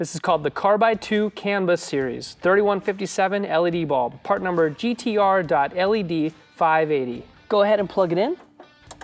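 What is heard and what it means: A GTR Lighting Carbide 2 Canvas Series 3157 resistorless plug-and-play LED turn signal bulb (part number GTR.LED 580) for a C6 Corvette is being plugged into its socket connector while someone talks. Faint handling sounds come near the end, but the clip stops before the bulb goes home, and nothing has seated or clicked yet.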